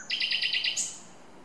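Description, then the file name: Common nightingale song phrase: a rapid series of six or seven loud repeated chirping notes ending in a high sharp note. "Luscinia megarhynchos"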